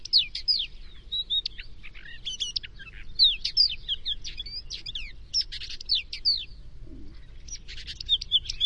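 Crested lark producing scratchy, high chirps and short whistled phrases in uneven bursts, with a faint low sound near the end.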